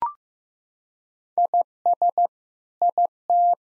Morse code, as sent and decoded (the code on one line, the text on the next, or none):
.. ... / .. -
IS IT